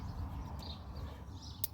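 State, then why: Seated. The positive cable's plastic MC4-style solar plug connector is pushed onto its mating connector on panel 1 over a steady low background rumble with faint high chirps. A single sharp click at 1.6 s marks the connector seating, and it is confirmed properly clipped in.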